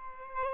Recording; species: mosquito wingbeat signal from an infrared sensor; Aedes albopictus